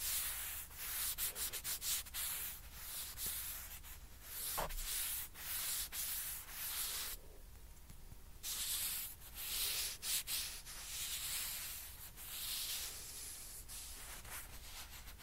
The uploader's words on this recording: ASMR TAPPING AND SCRATCHING WITH PING PONG BALL.